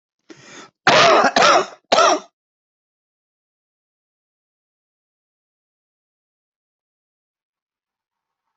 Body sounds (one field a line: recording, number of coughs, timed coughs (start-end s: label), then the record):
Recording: coughing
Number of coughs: 3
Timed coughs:
0.85-1.35 s: cough
1.36-1.80 s: cough
1.90-2.30 s: cough
From the record:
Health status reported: COVID-19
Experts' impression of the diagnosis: COVID-19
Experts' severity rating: mild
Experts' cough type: dry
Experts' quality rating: ok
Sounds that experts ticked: nothing specific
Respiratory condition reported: no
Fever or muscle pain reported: no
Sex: male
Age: 59 years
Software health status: COVID-19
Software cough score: 0.99